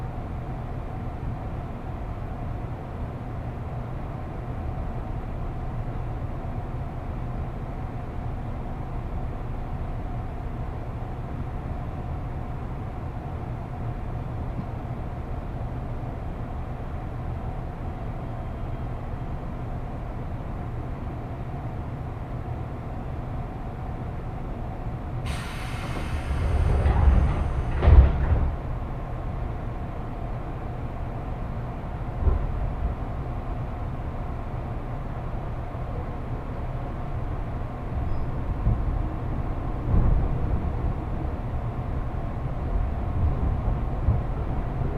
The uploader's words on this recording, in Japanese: 耳で楽しむ鉄道旅 南武線・南武支線・鶴見線。